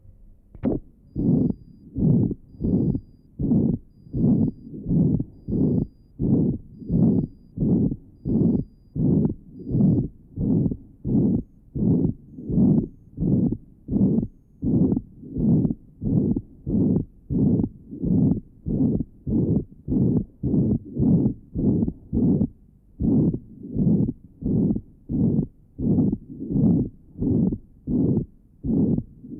Patient with ventricular septal defect, recording taken at pulmonary area. Note the normal splitting. On inspiration, degree of splitting 0.06 seconds. On expiration, 0.03 seconds.